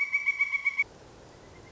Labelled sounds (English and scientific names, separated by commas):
Pileated Woodpecker (Dryocopus pileatus)